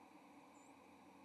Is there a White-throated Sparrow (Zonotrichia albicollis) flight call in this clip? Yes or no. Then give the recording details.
yes. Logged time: 08:07 on 30 October 2014